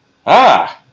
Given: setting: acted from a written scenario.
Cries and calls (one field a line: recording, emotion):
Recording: vocal sound without words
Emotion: negative surprise